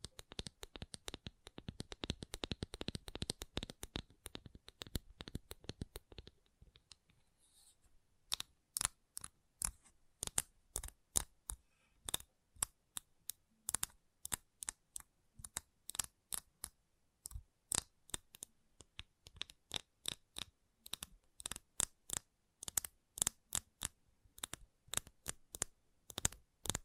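Gentle tapping, quick and dense for the first six seconds, then a brief pause followed by sharper, evenly spaced crisp taps with slight papery rustles.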